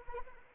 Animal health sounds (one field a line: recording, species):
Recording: mosquito wingbeat signal from an infrared sensor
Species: Anopheles arabiensis